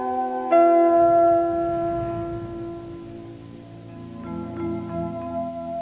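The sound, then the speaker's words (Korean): A large bell tolls, each deep strike blooming into a long, humming, resonant ring of overlapping tones. A second stroke lands as the first fades, with no voices present. “33번의 종소리. 이 종소리 들으시면서 여러분 무슨 생각하셨습니까?”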